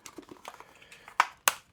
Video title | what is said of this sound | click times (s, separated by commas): LIVE Groza 12 Build – Tokyo Marui Saiga 12 SBS Gets a Bullpup Makeover! | I can click it in and then I can slam that back and then that's back in. | 1.2 s, 1.5 s